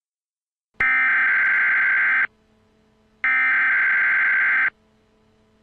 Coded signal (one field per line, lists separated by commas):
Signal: Emergency Alert System (SAME) tones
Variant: header bursts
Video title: EAS TEST